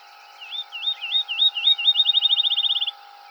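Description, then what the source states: Field sparrow song: slow, down-slurred whistled notes that quicken steadily into a rapid, even high trill, then stop; faint steady hum beneath. Recorded 7 July 2007.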